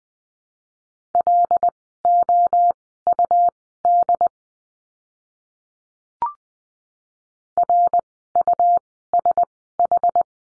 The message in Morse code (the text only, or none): LOUD RUSH